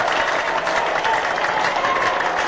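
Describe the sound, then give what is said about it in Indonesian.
Steady, dense audience applause with many hands clapping at once, a loud continuous crackle that holds evenly for a couple of seconds with no voices rising above it. “Nah, tepuk tangan hadirin sekalian.”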